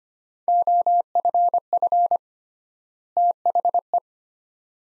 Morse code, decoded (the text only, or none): OFF THE